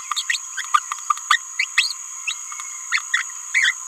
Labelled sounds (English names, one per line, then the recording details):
Green-rumped Parrotlet babbling
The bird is a male
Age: 27 days
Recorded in a nest box in Venezuela
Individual 17B31A2